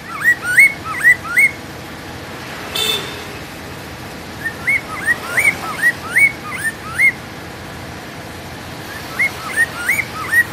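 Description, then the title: Hwamei singing short runs of upslurred, looping whistles, several phrases spread throughout, with thin high chips and a brief noisy burst early on. "Poksay mandarin"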